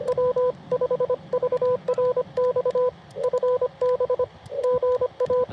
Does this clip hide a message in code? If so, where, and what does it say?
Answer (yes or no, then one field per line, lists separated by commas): yes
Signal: Morse code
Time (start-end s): 0.1-5.4 s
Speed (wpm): 25 wpm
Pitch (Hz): 500 Hz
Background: radio noise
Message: W5VRX FB GA